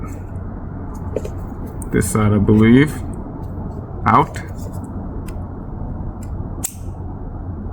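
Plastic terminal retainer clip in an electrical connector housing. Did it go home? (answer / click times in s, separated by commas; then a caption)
released / 6.7 s. Someone talks while a small plastic terminal retainer clip (terminal lock) on an electrical connector housing is pulled out to its open position; this is during a Holley EasyLevel setup with a Pro Dash on a 1952 Ford Crestline Sunliner 6.2 LS project. A sharp, short click at 6.7 s marks the clip releasing open.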